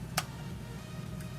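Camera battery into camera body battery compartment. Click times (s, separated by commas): 0.2 s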